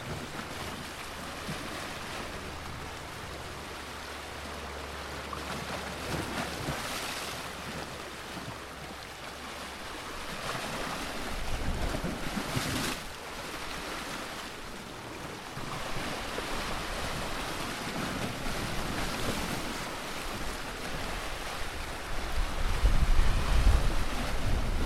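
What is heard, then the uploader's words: Water crashes against the piers at Fort Mason in San Francisco, a steady rushing wash with swells that rise and fall every few seconds. A low engine-like hum runs beneath the first ten seconds, and a sharper splash or gust surges near the end. Fort Mason Waves. The mesmerizing sounds of the water crashing against the piers at Fort Mason in San Francisco, California. A bit of wind may be present in the background of this track.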